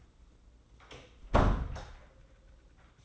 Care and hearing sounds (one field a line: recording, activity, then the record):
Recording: daily activity, microphone in the room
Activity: close door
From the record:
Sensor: 3